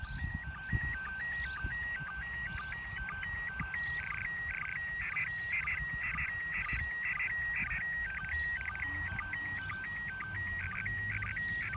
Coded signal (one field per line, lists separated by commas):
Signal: SSTV (slow-scan television)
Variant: PD 120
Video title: Saturday SSTV ARISS Using A HT And Arrow Antenna